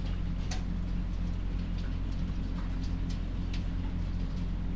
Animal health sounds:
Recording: poultry house recording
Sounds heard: sick chickens (respiratory disease)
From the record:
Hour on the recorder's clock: 3

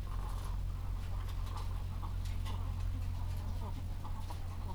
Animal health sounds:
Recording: poultry house recording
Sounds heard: sick chickens (respiratory disease)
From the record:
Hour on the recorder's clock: 14

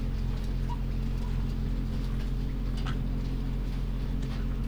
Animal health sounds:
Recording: poultry house recording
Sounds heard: sick chickens (respiratory disease)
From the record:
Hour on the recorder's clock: 23

